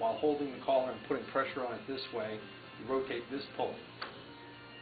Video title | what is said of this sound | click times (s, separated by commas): Atlas 9" Lathe Part 14 | and it clicks right in | 4.0 s